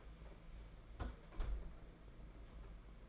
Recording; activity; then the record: daily activity, microphone in the room; close fridge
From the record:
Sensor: 5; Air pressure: 992.0 hPa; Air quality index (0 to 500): 200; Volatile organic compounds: 1000 ppm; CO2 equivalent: 5768 ppm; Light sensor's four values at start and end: 29/99/37/39 and 29/100/37/39